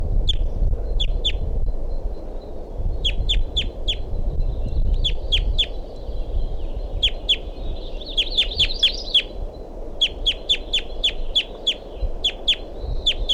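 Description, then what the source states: Crossbill calls: short, sharp, clipped notes, often in pairs or quick runs, repeated throughout over a steady low rumble of background noise. Wild male calling in the tree just above the recordist.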